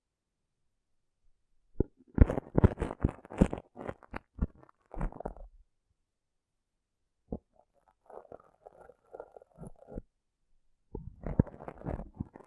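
Rough brain cleaning and picking: wet, squelching crunches and scraping clicks come in dense clusters from about two to five and a half seconds, then again near eleven seconds. Between them, quieter, softer squishing pokes stir at around eight to ten seconds, with silence elsewhere.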